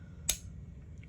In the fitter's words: clicks right into that. I mean, how strong is that, especially with downward pressure?